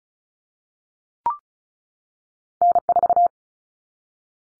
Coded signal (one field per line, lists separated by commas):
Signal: Morse code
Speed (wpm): 34 wpm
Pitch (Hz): 700 Hz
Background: none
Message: N4